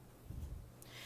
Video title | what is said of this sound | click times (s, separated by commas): etrailer - Review of Demco Fifth Wheel Hitch - Fixed Fifth Wheel for Ford SuperDuty OEM - DM8550033 | until you kind of hear a little click and it stays in place | 0.8 s